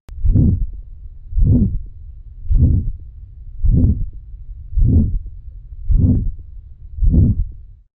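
Regular heartbeat at about 53 per minute. Each beat is a drawn-out, dragging whoosh instead of a crisp, clean thump. This abnormal heart sound is a heart murmur, a sign that blood is not flowing smoothly through the heart, as with structural heart disease such as valve disease or a septal defect.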